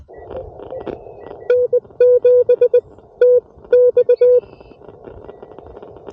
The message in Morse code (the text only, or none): N7TX